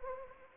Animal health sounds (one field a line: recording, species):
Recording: mosquito wingbeat signal from an infrared sensor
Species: Anopheles arabiensis